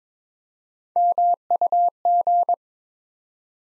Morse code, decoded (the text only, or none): MUG